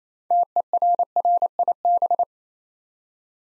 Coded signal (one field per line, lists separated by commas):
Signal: Morse code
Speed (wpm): 27 wpm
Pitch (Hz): 700 Hz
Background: none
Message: TERRIB